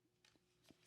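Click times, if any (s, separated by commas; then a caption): none. The ejection button on a Flux Defense Raider MP17 pistol chassis is pressed and the spring-loaded brace/stock bar shoots out, heard as brief broadband rustles and knocks around 0.25, 0.7 and 0.9 seconds. Because a hand is riding the bar, it does not snap and lock into its extended position, so nothing has seated or clicked yet.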